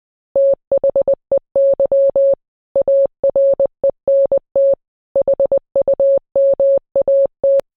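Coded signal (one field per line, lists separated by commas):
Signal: Morse code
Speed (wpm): 20 wpm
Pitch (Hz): 550 Hz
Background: none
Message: THEY ARENT HUMAT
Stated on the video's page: Fictional EAS scenario using valid tones.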